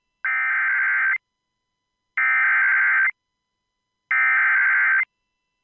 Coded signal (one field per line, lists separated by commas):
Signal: Emergency Alert System (SAME) tones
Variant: header bursts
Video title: ALABAMA CHAOS | EAS Alerts from January 12th, 2023 (EAS #2173-2204)